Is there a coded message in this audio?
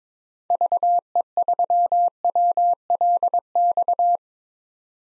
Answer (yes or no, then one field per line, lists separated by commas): yes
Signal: Morse code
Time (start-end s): 0.5-4.2 s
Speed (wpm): 21 wpm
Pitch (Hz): 700 Hz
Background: none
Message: VE3WLX